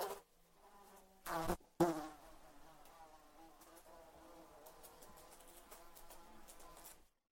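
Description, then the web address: Fly buzz: two sharp knocks or taps early on, then a thin, wavering buzz that continues softly until it suddenly cuts out. Indoors; frantic, busy flying, tinging against a light. "fly buzzing interior light tings frantic busy"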